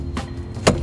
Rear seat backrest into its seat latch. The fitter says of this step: back you hear a little clunk now unfortunately it does not go back to the position you had it before